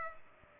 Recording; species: mosquito wingbeat signal from an infrared sensor; Culex pipiens